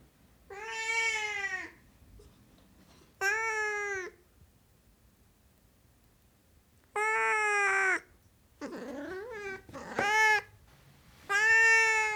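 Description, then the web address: Siamese cat meowing: six drawn-out harmonic wails spread over twelve seconds, with quiet gaps between. "BBC Sound Effects Library. Siamese Cat Meowing"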